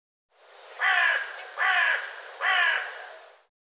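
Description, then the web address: Bird giving three harsh, hoarse caws, each lasting nearly a second, run almost together with barely any pauses between them. "cianscape birddata Deverinetal 2025"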